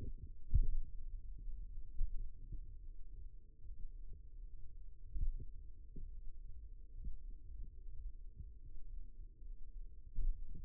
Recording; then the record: forearm muscle sounds (acoustic myography)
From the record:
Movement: finger pinch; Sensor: system 2, bracelet of six BSWA MPA416 microphones around the upper forearm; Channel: 4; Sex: male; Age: 22 years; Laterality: right